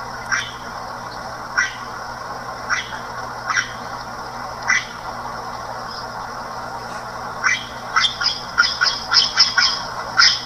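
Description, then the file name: Red-rumped cacique calls: harsh, gurgling notes spaced out at first, then a quicker run of notes toward the end. "guaxe"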